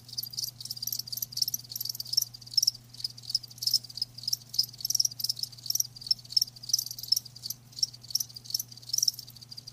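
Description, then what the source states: Crickets sing a continuous high, shimmering chorus of fast pulses, softer overlapping chirps, with a faint low hum beneath. Live crickets chirping, a lulling song.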